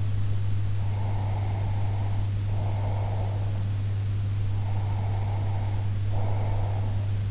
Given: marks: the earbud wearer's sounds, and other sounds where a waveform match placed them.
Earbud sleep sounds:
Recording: sounds in sleep by an in-ear microphone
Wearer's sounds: breath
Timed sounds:
0.85-3.54 s: breath
4.57-7.20 s: breath

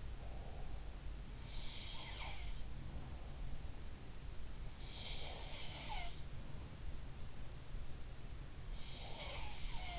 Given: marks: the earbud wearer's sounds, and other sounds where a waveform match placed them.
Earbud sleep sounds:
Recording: sounds in sleep by an in-ear microphone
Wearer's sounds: breath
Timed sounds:
0.00-0.95 s: breath
1.60-2.57 s: sound from someone else or the room
5.03-6.32 s: sound from someone else or the room
8.84-9.99 s: sound from someone else or the room

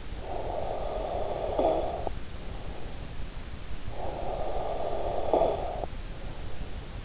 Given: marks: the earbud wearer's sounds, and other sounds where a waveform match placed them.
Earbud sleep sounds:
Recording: sounds in sleep by an in-ear microphone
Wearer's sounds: snoring breath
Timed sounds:
0.00-3.12 s: snoring breath
3.73-6.89 s: snoring breath

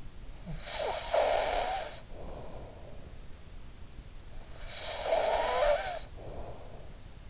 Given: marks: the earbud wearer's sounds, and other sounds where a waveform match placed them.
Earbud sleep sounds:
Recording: sounds in sleep by an in-ear microphone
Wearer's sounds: snoring breath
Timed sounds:
0.00-3.03 s: snoring breath
4.00-7.26 s: snoring breath

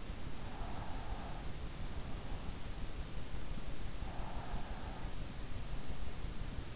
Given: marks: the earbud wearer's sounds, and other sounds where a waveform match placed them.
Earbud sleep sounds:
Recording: sounds in sleep by an in-ear microphone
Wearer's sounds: breath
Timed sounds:
0.38-1.81 s: breath
3.75-5.47 s: breath

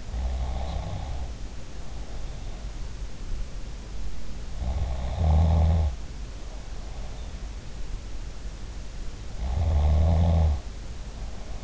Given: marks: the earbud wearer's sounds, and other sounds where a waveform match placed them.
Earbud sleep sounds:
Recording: sounds in sleep by an in-ear microphone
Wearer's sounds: snoring breath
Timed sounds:
0.00-2.73 s: snoring breath
0.09-0.88 s: sound from someone else or the room
4.53-7.41 s: snoring breath
9.30-11.64 s: snoring breath

